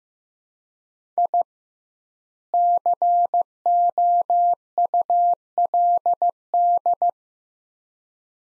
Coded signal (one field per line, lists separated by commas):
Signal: Morse code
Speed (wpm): 15 wpm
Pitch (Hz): 700 Hz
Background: none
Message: I COULD